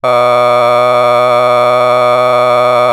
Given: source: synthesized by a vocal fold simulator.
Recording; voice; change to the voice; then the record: sustained vowel; male; a random mix of aspiration noise, stiffness perturbation and strain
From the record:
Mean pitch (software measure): 123 Hz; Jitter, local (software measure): 1.19%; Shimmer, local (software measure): 3.9%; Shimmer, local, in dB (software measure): 0.34 dB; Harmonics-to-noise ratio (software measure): 15.3 dB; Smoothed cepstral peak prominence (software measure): 19.5 dB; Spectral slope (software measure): -13.5 dB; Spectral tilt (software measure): -9.9 dB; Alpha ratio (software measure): -4.0 dB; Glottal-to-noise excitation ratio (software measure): 0.992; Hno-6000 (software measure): 2.0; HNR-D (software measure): 26.8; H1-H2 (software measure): 1.0 dB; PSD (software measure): 1.2e-04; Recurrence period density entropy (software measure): 0.116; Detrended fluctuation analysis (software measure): 0.0295